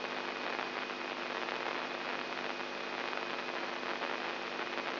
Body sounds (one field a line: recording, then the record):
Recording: brain microelectrode recording played as sound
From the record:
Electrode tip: inside the subthalamic nucleus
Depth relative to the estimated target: -1 mm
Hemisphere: left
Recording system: AlphaMap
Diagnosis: Parkinson's disease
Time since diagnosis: 11 years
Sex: male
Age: 67 years